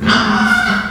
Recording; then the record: squeal of a Yucatan mini pig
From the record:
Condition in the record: after surgery on the right vocal fold (resection and tissue-engineered implant); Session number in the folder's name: 16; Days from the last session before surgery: 183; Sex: female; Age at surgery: 19 weeks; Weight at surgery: 25 kg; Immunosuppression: prednisolone